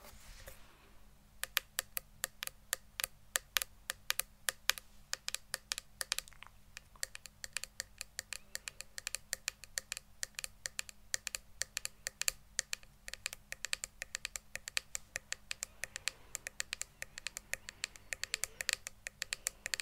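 Tapping sounds start after about a second: crisp, bright clicks with a keyboard-like character, sparse at first and then quickening into a dense, fairly steady patter through the rest. A low, constant hum sits underneath the whole time.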